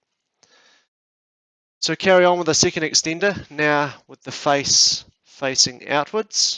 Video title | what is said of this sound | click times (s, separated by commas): QPOD™ New Extender | to locate that secure clip until you hear that click sound | 0.4 s